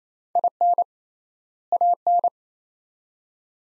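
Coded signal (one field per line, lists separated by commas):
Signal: Morse code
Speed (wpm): 27 wpm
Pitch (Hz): 700 Hz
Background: none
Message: IN AN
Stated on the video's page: Morse code word-pair practice at 28 wpm with 3x word spacing, a Farnsworth-like method applied to words; each pair sent in Morse, then spoken.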